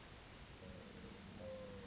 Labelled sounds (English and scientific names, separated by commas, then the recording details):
Mourning Dove (Zenaida macroura)
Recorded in Sonoma County, California